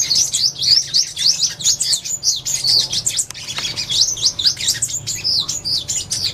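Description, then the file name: Sunbird song: a continuous run of quick, high, thin twittering notes, each a brief sweeping squeak, jumbled together without pause. "tieng-hut-mat-5-mau-hot"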